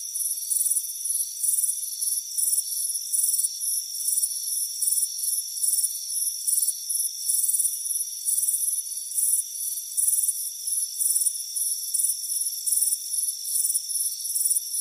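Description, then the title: Cricket chirping in rapid pulsed bursts, high-pitched and repeating steadily over a steady insect hum. "Soothing Crickets Chirping Sound"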